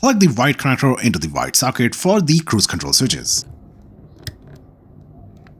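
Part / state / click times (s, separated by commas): cruise control switch connector into steering wheel socket / seated / 4.3 s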